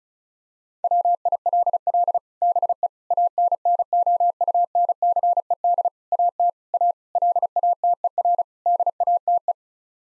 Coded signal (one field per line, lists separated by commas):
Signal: Morse code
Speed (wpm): 34 wpm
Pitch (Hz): 700 Hz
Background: none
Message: WILL BE ANNOUNCED AT A LATER DATE